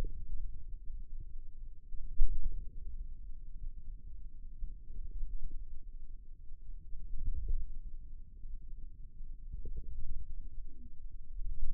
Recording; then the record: forearm muscle sounds (acoustic myography)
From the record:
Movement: ulnar deviation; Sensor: system 2, bracelet of six BSWA MPA416 microphones around the upper forearm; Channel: 3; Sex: male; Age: 22 years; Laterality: right